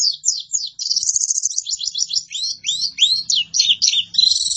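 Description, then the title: White-eye song: fast, varied high twittering with slurred downward notes and short trills, running without a break, faint low rumble underneath. Masteran (tutor) recording of a vigorously singing (gacor) pleci white-eye, used to train caged songbirds. "Pleci Gacor. Masteran Burung PLECI"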